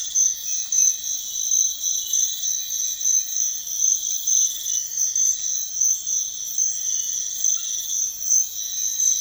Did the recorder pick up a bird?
no